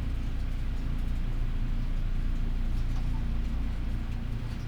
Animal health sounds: poultry house recording; healthy chickens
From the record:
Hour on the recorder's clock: 12

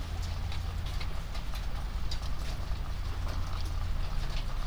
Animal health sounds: poultry house recording; sick chickens (respiratory disease)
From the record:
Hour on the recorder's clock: 21

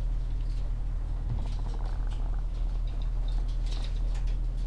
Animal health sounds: poultry house recording; sick chickens (respiratory disease)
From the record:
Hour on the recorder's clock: 16

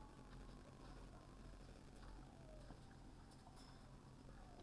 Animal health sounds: poultry house recording; healthy chickens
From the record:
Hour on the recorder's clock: 20

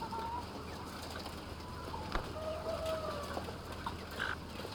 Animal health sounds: poultry house recording; sick chickens (respiratory disease)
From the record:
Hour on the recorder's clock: 21

